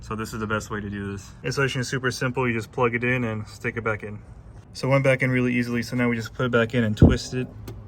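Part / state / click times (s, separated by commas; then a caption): LED H7 bulb into car headlight housing / not seated / none. Someone talks while an LED H7 high-beam bulb is plugged in and put back into the headlight housing of a Mercedes W210, then twisted to lock it in place. Nothing has seated or clicked yet by the end of the clip.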